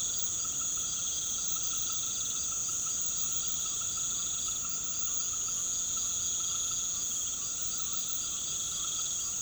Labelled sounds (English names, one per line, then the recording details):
none
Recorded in pastures near Puerto Asís, Putumayo, Colombia, on 8 March 2025 at 19:30
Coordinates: 0.486, -76.323
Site G075